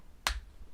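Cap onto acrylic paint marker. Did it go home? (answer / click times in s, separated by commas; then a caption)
yes / 0.3 s. A plastic cap is pressed back onto an acrylic paint marker whose lid had been coming off. A single sharp click sounds at 0.3 s as the cap seats shut; it had simply not been clicked in before.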